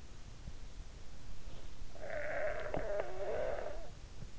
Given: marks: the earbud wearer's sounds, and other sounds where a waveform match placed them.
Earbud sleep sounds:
sounds in sleep by an in-ear microphone; snoring breath
1.72-4.20 s: snoring breath

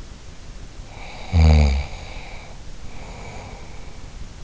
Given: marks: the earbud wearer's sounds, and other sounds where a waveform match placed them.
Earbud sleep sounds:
sounds in sleep by an in-ear microphone; snoring breath
0.84-4.24 s: snoring breath

